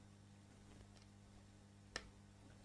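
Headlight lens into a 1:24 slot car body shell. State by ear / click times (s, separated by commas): seated / 2.0 s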